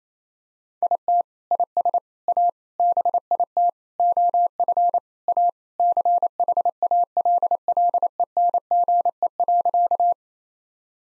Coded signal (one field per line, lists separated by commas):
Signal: Morse code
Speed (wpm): 27 wpm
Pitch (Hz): 700 Hz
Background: none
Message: IT IS A BIT OF A CHALLENGE.